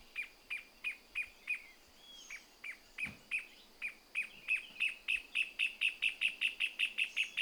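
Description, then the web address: Pale-legged hornero song: slow sharp notes gradually accelerate into a fast, even rattle of piping notes; a single low thump sounds midway. "sound Pale-legged-hornero. صدای-پرنده-هورنرو-پاروشن"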